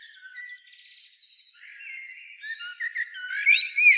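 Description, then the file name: Common blackbird singing softly, mellow warbled notes building toward a louder squeaky twittering flourish in the final second and a half. "Turdus merula"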